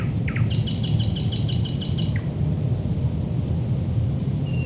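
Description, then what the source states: Thrush nightingale song: two sharp slurred notes, then a long evenly repeated series of ringing double notes, and a brief whistle later, against low rumbling noise. Recorded at Lohne in 2010.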